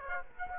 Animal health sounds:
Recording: mosquito wingbeat signal from an infrared sensor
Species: Aedes aegypti

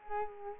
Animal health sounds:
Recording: mosquito wingbeat signal from an infrared sensor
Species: Culex quinquefasciatus

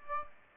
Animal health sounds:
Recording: mosquito wingbeat signal from an infrared sensor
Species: Aedes aegypti

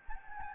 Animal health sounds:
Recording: mosquito wingbeat signal from an infrared sensor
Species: Anopheles gambiae

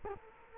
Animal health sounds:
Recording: mosquito wingbeat signal from an infrared sensor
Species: Culex quinquefasciatus

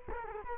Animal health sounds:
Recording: mosquito wingbeat signal from an infrared sensor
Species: Culex quinquefasciatus

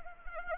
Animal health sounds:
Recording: mosquito wingbeat signal from an infrared sensor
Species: Anopheles arabiensis

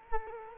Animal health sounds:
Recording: mosquito wingbeat signal from an infrared sensor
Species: Culex quinquefasciatus

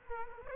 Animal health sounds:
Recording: mosquito wingbeat signal from an infrared sensor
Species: Culex quinquefasciatus

